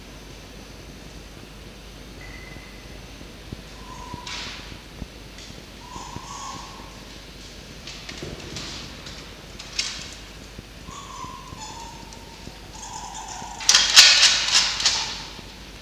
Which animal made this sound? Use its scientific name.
Vulpes vulpes